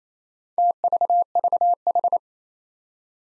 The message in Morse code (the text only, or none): TVVH